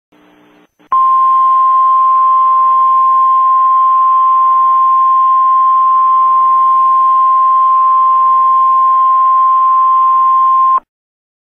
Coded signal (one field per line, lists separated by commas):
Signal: Emergency Alert System (SAME) tones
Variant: 1050 Hz attention tone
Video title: EAS Excessive Heat Warning